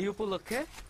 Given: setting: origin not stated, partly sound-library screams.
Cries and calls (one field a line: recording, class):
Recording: one-second piece from a danger detection set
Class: normal situation